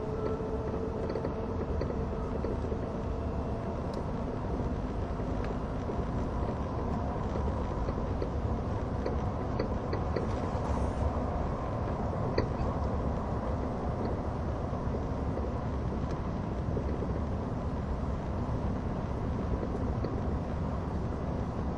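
A train on the Gotthard base tunnel route rumbles steadily and low throughout, with faint creaks and brief clicks, including one near twelve seconds.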